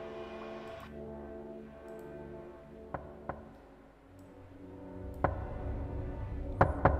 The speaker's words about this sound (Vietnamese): Có tiếng gõ cửa vang lên.